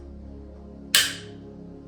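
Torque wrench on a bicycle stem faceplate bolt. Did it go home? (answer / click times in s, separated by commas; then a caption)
yes / 0.9 s. A torque wrench tightens a faceplate bolt on a Spank Split bicycle stem, clamping it onto a One Up riser bar, until the wrench clicks at its set torque. A steady low hum runs underneath until a single sharp, bright click lands at 0.9 s and rings off quickly. The bolt is confirmed tightened to the set torque.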